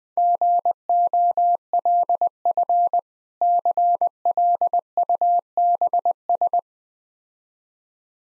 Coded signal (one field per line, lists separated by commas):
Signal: Morse code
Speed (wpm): 20 wpm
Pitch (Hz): 700 Hz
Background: none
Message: GOLF CLUBS